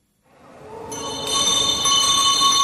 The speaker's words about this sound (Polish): Tak, rozpoczynają się wybory w Danii. Przewodnicząca Państwowej Komisji Wyborczej dzwonkiem oznajmia, że lokale mają zostać otwarte.